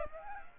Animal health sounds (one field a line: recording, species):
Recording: mosquito wingbeat signal from an infrared sensor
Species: Aedes aegypti